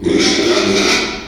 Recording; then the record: squeal of a Yucatan mini pig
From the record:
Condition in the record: after surgery on the right vocal fold (resection and tissue-engineered implant); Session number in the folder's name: 2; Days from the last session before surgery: 13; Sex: male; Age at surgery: 12 weeks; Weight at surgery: 13 kg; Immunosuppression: cyclosporine, prednisolone